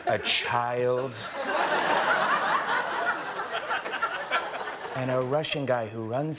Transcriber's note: laughter